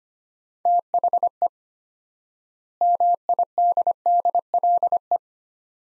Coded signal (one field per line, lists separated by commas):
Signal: Morse code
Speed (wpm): 25 wpm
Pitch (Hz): 700 Hz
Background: none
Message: THE MIDDLE